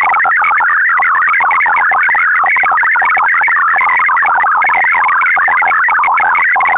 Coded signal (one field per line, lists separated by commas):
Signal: multi-tone FSK (Olivia or MFSK type)